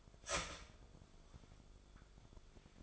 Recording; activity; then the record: daily activity, microphone in the room; start toaster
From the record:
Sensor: 5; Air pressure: 1014.8 hPa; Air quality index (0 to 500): 200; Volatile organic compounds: 9 ppm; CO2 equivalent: 2128 ppm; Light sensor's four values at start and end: 15/36/14/13 and 15/36/14/13